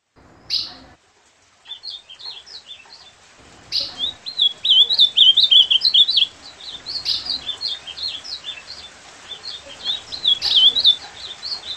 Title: Encarte Seu Golinha Com Este Lindo Canto De Azulão